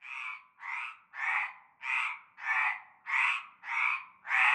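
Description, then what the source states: Frog giving eight rough croaks in a steady rhythm, growing louder toward the end. Chorus of frogs from nightfall in a large concrete basin with stagnant greenish water, Avenue Cante Coucou, Groupède, La Ciotat, Bouches-du-Rhône, France.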